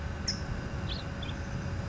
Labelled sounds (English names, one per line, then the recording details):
California Towhee
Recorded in Sonoma County, California